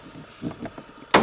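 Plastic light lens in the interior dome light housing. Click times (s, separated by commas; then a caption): 1.1 s. A thin flat screwdriver pries the plastic lens of the interior dome light out of its housing on an Opel Mokka X, working it at several points. After a few faint scraping ticks, a sharp, loud click sounds at 1.1 seconds as the small plastic tabs let go and the lens pops out.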